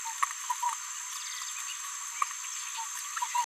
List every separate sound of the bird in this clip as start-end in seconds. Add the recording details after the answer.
0.22-0.25. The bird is a female. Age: 21 days. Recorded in a nest box in Venezuela. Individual 17B73B2